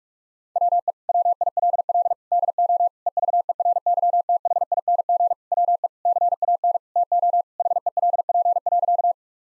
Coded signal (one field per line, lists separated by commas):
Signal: Morse code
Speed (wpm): 46 wpm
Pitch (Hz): 700 Hz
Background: none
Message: WE WILL DO EVERYTHING WE CAN TO HELP.